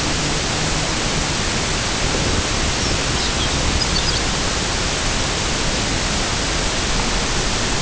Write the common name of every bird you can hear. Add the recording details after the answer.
Lapland Longspur. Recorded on Arctic tundra, site UTQI-0, on 13 June 2019. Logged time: 00:00